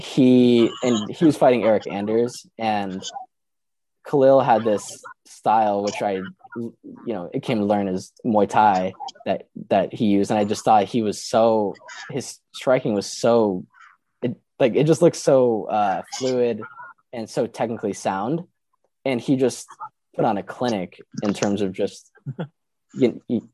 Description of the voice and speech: He started coming to terms with his stutter in college and is enjoying becoming involved and meeting people in the stuttering community. Like all other pws he is constantly working towards being able to speak with full confidence whether or not he stutters on the outside.